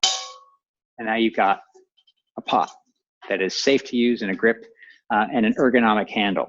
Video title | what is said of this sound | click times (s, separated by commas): Sistema de Cozinha para Atividades Outdoor - Palestra | into place and then you close the lock and now | 0.0 s